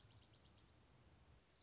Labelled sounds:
Dark-eyed Junco
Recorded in Sonoma County, California

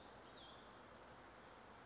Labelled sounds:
Cassin's Vireo
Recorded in Sonoma County, California

